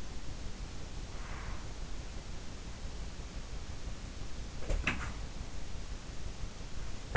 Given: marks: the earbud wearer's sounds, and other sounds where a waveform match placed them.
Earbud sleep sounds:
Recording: sounds in sleep by an in-ear microphone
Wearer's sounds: breath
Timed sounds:
1.17-1.76 s: breath
4.59-5.24 s: sound from someone else or the room

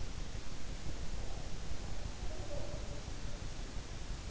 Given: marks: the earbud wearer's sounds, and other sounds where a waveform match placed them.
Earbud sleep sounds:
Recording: sounds in sleep by an in-ear microphone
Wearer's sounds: breath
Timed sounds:
0.85-3.22 s: breath

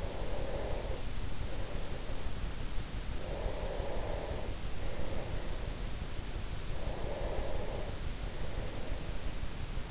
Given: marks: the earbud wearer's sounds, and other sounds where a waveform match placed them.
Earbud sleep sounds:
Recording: sounds in sleep by an in-ear microphone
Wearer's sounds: breath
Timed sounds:
0.00-9.37 s: breath

